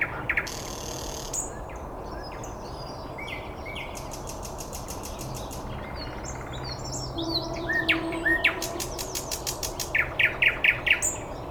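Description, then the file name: Birds singing with scattered high chirps and whistles, ending in a louder run of quick notes over a steady background hiss. Recorded 9 May 2014 at 06:39. "birds 140509 0639"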